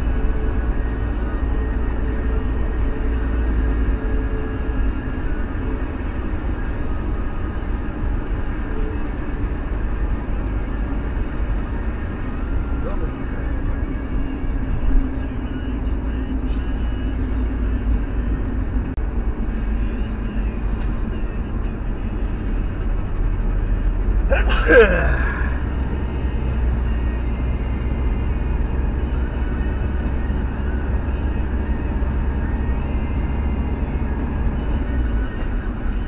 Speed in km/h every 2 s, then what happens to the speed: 74, 76, 76, 76, 71, 68, 64, 61, 60, 53, 50, 45, 45, 48, 52, 53, 56, 47.
0-6 steady at about 76. 6-21 slows to 45. 21-33 speeds up to 56. 33-36 brakes to 47.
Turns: 16-28.